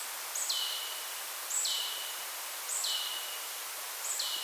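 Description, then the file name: Marsh tit calling four times in quick succession, each a high note sliding down into a lower buzzy tail, over a hissing background. "Poecile palustris"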